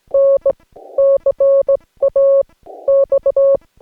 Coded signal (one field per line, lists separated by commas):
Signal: Morse code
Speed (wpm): 17 wpm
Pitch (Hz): 550 Hz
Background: none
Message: N CA X